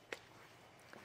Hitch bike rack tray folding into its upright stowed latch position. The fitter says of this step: till clicks into place